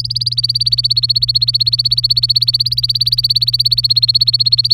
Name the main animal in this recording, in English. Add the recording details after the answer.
Domestic Canary. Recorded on 23 April 2018 at 15:36. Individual llb3